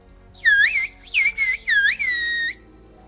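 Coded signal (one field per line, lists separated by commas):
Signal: whistled language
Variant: Kuş dili (Turkish)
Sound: a loud gliding whistle in four short phrases rising and falling in pitch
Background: small room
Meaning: Come to us tomorrow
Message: yarın bize gel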